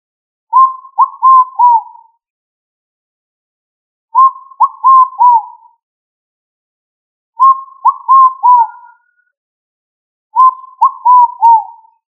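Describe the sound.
Pigeon cooing: four phrases of three or four descending hooting notes, one phrase roughly every three seconds.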